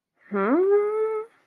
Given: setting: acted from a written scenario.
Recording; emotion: vocal sound without words; confusion